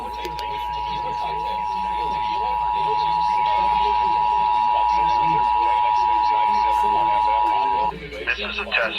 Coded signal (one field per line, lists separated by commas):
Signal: Emergency Alert System (SAME) tones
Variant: 853 and 960 Hz attention tone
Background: speech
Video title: Los Angeles Required Monthly Test (EAS #1039-1101) 8/29/23